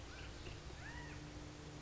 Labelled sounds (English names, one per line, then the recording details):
California Quail
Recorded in Sonoma County, California